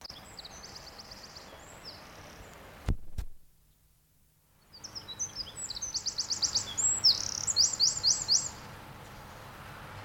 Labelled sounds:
Eurasian Wren

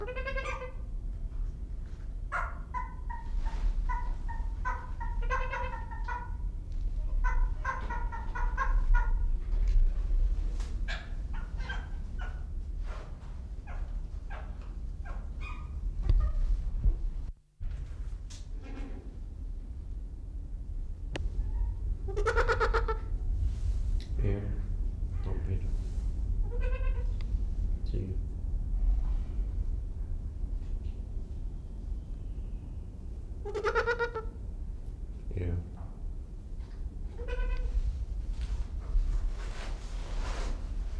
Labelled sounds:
Trumpeter Hornbill

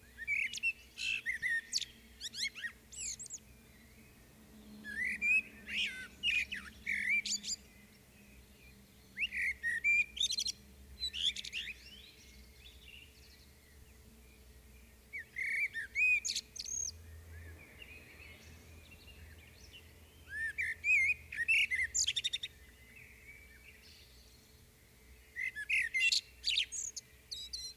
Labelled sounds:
Common Blackbird song

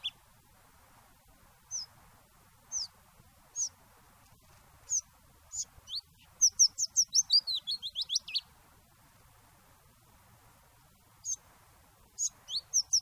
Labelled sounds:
Willow Warbler

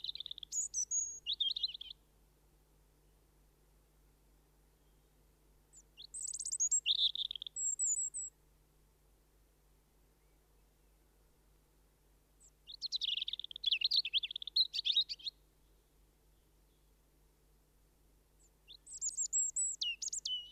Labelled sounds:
European Robin song

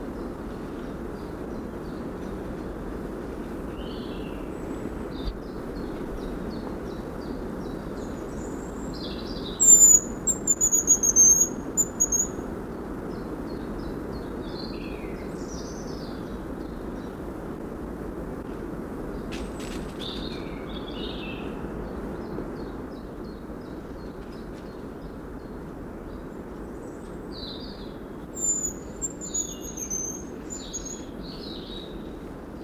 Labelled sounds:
Hazel Grouse call

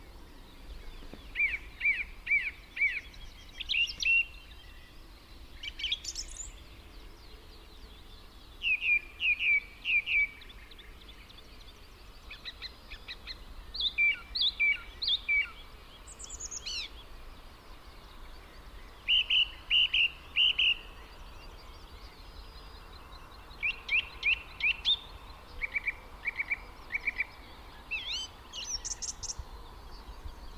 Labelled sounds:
Song Thrush song

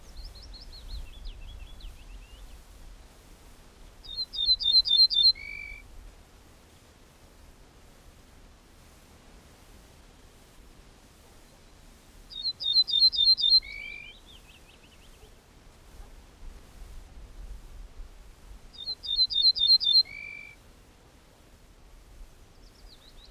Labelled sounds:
Ortolan Bunting song

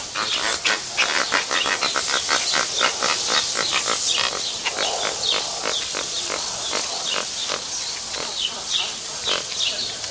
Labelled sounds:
Lesser Flamingo aggressive call
James's Flamingo

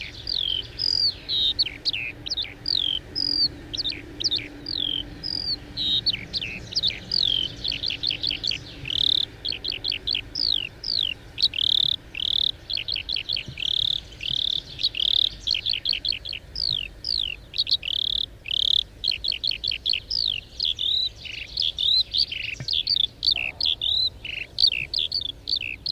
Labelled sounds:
Eurasian Skylark flight song

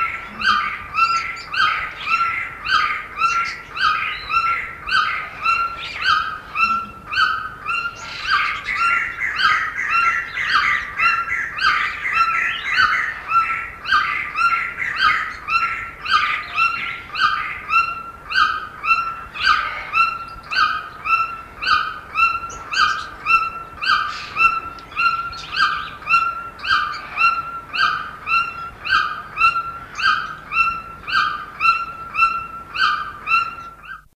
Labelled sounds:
White-throated Toucan call

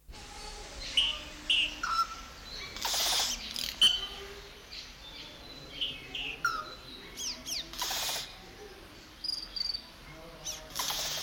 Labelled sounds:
Yellow-rumped Cacique

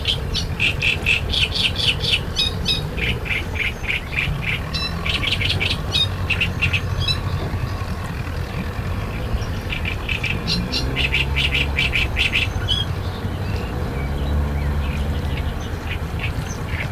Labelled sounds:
Great Reed Warbler song

